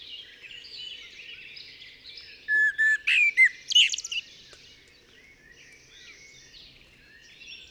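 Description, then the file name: Common blackbird giving a short burst of whistled and squeaky notes midway, amid soft continuous twittering. "Turdus merula"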